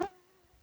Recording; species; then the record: mosquito flight sound by mobile phone; Aedes sierrensis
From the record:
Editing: cut to the mosquito's sound